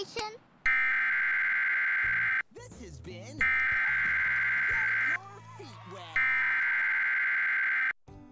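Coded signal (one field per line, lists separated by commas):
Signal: Emergency Alert System (SAME) tones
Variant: header bursts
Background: speech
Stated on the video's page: EAS severe thunderstorm warning broadcast on WNPT-DT3 during a children's program.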